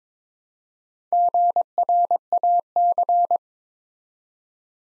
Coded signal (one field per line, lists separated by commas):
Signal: Morse code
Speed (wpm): 22 wpm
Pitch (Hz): 700 Hz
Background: none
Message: GRAC